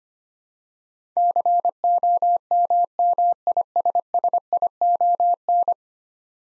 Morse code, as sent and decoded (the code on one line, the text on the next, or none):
-.-. --- -- -- .. ... ... .. --- -.
COMMISSION